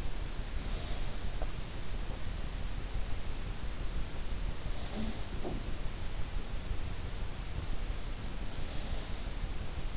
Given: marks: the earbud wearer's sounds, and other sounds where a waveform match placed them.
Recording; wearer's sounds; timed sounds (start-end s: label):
sounds in sleep by an in-ear microphone; snoring breath
0.00-1.00 s: snoring breath
4.86-5.52 s: sound from someone else or the room